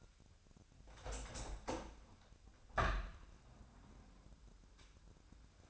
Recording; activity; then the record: daily activity, microphone in the room; open window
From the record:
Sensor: 2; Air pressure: 1006.2 hPa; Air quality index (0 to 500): 182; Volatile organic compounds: 10 ppm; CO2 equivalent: 2212 ppm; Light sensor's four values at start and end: 8/20/8/8 and 9/21/8/9